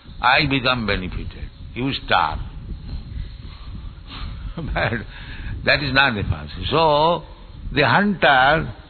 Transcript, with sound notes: I become benefited. You starve.” But (chuckling) that is not the process. So the hunter,